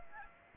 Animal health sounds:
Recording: mosquito wingbeat signal from an infrared sensor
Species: Aedes aegypti

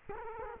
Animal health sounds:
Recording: mosquito wingbeat signal from an infrared sensor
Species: Culex quinquefasciatus

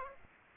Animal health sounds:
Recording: mosquito wingbeat signal from an infrared sensor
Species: Aedes aegypti

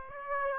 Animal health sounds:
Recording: mosquito wingbeat signal from an infrared sensor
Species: Aedes aegypti

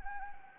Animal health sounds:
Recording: mosquito wingbeat signal from an infrared sensor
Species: Anopheles gambiae

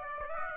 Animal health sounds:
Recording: mosquito wingbeat signal from an infrared sensor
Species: Aedes aegypti

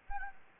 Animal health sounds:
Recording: mosquito wingbeat signal from an infrared sensor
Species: Anopheles gambiae

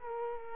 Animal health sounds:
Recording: mosquito wingbeat signal from an infrared sensor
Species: Culex quinquefasciatus

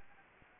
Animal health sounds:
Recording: mosquito wingbeat signal from an infrared sensor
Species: Anopheles gambiae

